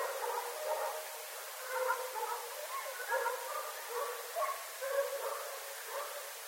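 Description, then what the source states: Coyotes yipping and chattering in a busy chorus of short, broken, quavering notes that run without pause. Several coyotes recorded 7 May 2011.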